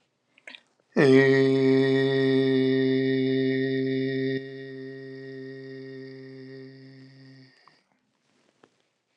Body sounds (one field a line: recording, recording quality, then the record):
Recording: sustained vowel as in made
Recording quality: excellent, no background noise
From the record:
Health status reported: exposed to COVID-19, no respiratory illness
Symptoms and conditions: hypertension, diabetes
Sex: male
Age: 49 years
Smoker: not ticked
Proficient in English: yes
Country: United States